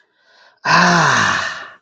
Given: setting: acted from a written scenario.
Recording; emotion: vocal sound without words; pain